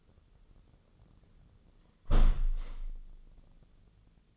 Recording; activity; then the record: daily activity, microphone in the room; close window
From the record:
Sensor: 4